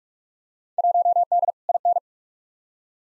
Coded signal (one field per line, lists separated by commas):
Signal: Morse code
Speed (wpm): 47 wpm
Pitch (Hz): 700 Hz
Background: none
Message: 1D IN